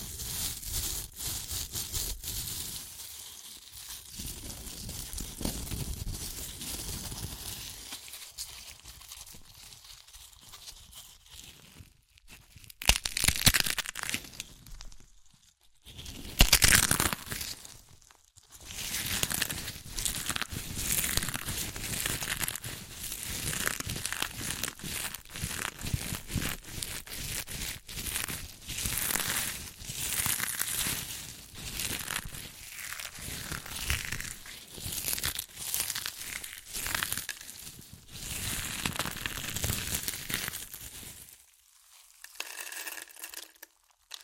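Chips being crushed and crunched in dense, crackly bursts with a crisp, bright edge. The first twelve seconds are quieter and more scattered; louder crinkling surges come around 13 and 16 seconds, then steady busy crunching continues until near 41 seconds, ending quiet.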